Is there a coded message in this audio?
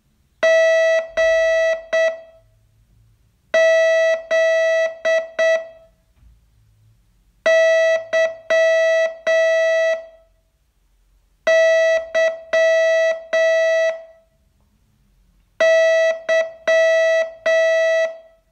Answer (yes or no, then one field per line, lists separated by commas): yes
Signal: Morse code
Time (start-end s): 0.4-18.1 s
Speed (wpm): 7 wpm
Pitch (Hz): 650 Hz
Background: none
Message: GZYYY